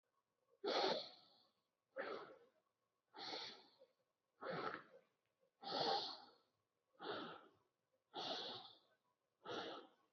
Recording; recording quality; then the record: deep breathing; excellent, no background noise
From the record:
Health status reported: COVID-19 positive, mild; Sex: male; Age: 23 years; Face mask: not worn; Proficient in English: yes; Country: India